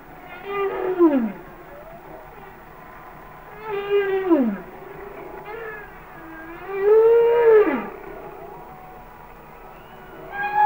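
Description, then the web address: Humpback whale song: moaning units that swell and then sweep steeply downward, about three seconds apart. "Whale Songs Sounds of Nature - Humpback Whales"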